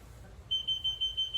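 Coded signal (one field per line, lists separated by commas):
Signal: beep code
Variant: Hansshow power trunk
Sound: a high-pitched rapid pulsing beep starting midway and running to the end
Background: low hum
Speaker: I'm going to go ahead and hold down on the button again till we hear the programming beat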